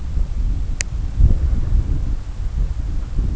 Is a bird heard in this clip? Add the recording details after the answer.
no. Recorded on Arctic tundra, site CORI-1, on 20 June 2018. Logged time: 20:00